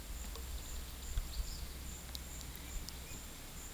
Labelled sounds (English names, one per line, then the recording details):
none
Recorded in pastures near Puerto Asís, Putumayo, Colombia, on 26 December 2024 at 13:00
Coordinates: 0.472, -76.329
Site G072